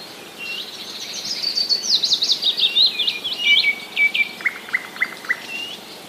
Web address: wroblowe kontra dwa piecuszki 12 06 2016